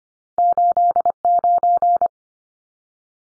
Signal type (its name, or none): Morse code